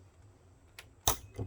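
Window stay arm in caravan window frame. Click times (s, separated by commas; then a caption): 1.1 s. A window stay arm in the window frame of a Franklin Razor caravan is pushed further open. A faint tick comes at 0.8 s, then the stay ratchets and catches its next hold position with a sharp click at 1.1 s, followed by a softer rattle near 1.4 s. The window stays held open.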